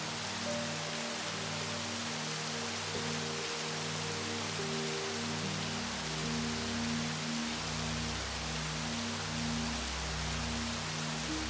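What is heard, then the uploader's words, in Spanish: Soft, steady rain hisses evenly across the whole clip, dense and unbroken. Beneath it, a slow, gentle melody of low sustained tones shifts between notes every second or so, with a few higher held notes floating above. Nothing else interrupts the constant wash. Suave LLUVIA y MÚSICA. El suave murmullo de la lluvia se mezcla con melodías relajantes.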